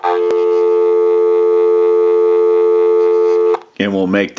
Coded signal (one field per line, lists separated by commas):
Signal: telephone call progress tone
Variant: North America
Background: speech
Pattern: dial tone